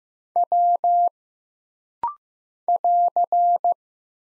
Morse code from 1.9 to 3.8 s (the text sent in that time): <AR>